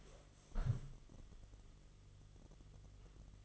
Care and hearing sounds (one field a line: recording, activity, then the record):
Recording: daily activity, microphone in the room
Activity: stand up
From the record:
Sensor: 4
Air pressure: 1005.9 hPa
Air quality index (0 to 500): 103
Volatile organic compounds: 2 ppm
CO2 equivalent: 1285 ppm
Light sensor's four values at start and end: 13/29/11/10 and 13/29/11/10